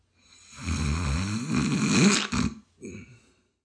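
A single long, rattling human snore builds over about two seconds, with a low fluttering buzz, then ends in two short snorting bursts. The vibration comes from the soft tissues of the upper airway during sleep breathing. This is a sound effect.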